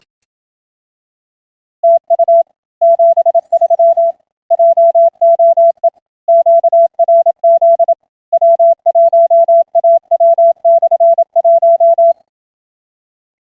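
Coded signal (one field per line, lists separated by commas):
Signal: Morse code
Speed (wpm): 27 wpm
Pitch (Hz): 670 Hz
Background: none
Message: TU 73 JOE QRZ W1AW/1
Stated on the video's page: POTA activation looking for contacts with FDX10, Palomar Bullet 9:1 unun and 29.5 ft end-fed wire, MFJ manual tuner.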